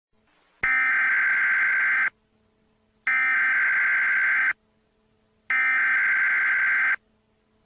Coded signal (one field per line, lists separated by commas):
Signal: Emergency Alert System (SAME) tones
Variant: header bursts